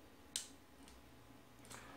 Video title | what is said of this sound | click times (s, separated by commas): COMO MONTAR UM PONTO DE REDE INTERNET EM SUA CASA VIDEO PASSO A PASSO | vocês ouvir o clique é porque ele passou até o final Beleza | 0.4 s